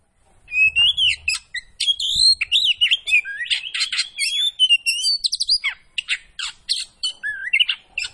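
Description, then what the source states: Oriental magpie-robin pouring out a long, almost continuous song of sweet whistles, trills and scratchy notes, with faint low thumps early on. Kacer poci variety, singing vigorously (gacor).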